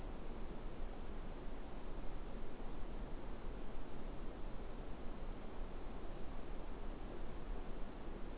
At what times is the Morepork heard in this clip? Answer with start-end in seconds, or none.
none